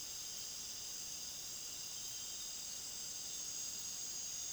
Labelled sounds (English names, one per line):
none